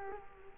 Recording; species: mosquito wingbeat signal from an infrared sensor; Culex quinquefasciatus